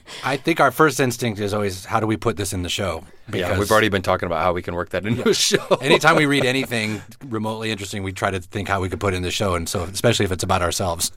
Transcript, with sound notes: I think our first instinct is always - how do we put this in the show? Yeah, we've already been talking about how we can work that into a show. (Soundbite of laughter) Anytime we read anything remotely interesting, we try to think how we could put it in the show, and so especially if it's about ourselves.